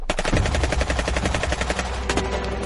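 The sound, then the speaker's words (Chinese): Dense, rapid gunfire from Li consortium soldiers shooting at residents charging toward a school gate rattles on without pause, a loud stream of sharp overlapping shots with a low rumbling undertone and no voices. “密集的枪声响起，李氏财团的军人们在恐惧中扣动扳机，可是他们射杀了第一排炮灰，后面的人便立马踩着前人的尸体又冲了上来，前仆后继，根本毫无惧意。”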